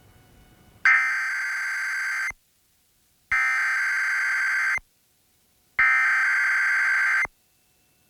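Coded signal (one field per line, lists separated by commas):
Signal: Emergency Alert System (SAME) tones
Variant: header bursts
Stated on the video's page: Required monthly test relayed by an FM station, recorded from a stereo to a handheld recorder; TV relay failed with no sound, only clicking noises.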